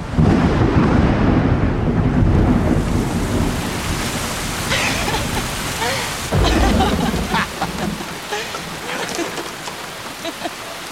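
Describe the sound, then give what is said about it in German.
A thunderstorm at a beach: steady rain hisses throughout while deep, rolling thunder rumbles loudly at the start, then a second heavy thunderclap bursts in partway through before easing back into the downpour. “Einmal überrascht ein Gewitter die beiden am Strand.”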